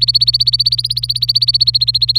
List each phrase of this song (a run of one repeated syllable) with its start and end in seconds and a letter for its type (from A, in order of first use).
0.00-2.19 A